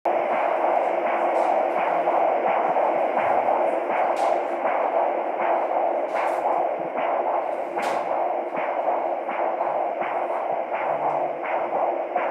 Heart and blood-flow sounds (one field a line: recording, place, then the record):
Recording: Doppler ultrasound of blood flow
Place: carotid artery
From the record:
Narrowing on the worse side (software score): occlusion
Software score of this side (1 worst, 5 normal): 1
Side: left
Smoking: current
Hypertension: yes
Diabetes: type 2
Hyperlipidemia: yes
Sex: male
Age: 25 years